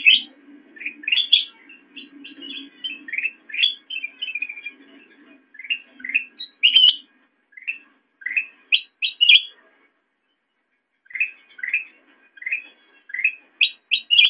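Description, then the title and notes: Sooty-headed bulbul chirping in bursts of bubbly notes, with a brief pause later on and a soft low hum in the background early on. Tutor song (masteran) for training songbirds. "suara burung kutilang buat masteran"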